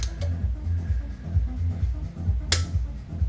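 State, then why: Torque reached. A click-type torque wrench tightens an oil cooler bolt on a Porsche 944 (85/1, naturally aspirated) engine, with a steady pulsing low hum underneath and a faint tick at the start. At 2.5 s the wrench gives a sharp, bright click as it breaks over at its set torque, confirming the bolt is successfully in.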